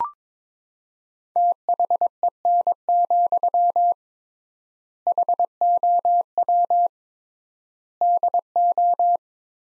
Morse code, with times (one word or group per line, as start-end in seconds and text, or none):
1.4-3.9 THEN,
5.1-6.9 HOW
8.0-9.2 DO